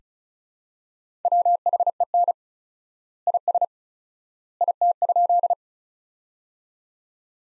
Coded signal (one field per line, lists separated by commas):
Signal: Morse code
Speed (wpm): 34 wpm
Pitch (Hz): 700 Hz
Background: none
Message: WHEN IS IT?